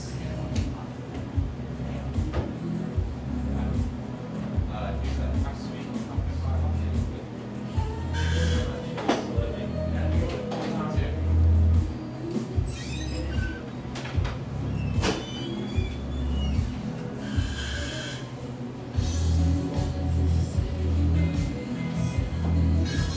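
A café in east Portland fills with a steady murmur of overlapping voices over a heavy, pulsing low rumble throughout. Sharp clatters and knocks break in now and then, clustered around the ninth, fifteenth and seventeenth seconds, with brief hissing bursts between.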